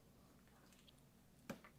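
A plastic buckle part (part B) is slid into its mating buckle half during a sewing craft demo. It doesn't go in at first and needs a harder push. It snaps fully home with a sharp click at 1.5 s, followed by a softer tap, over a quiet low background.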